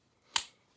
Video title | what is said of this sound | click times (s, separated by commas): Alocs Cook Set and Alternate Burner Ideas. Part 1 | and it uh snaps into place which is nice and the cup | 0.4 s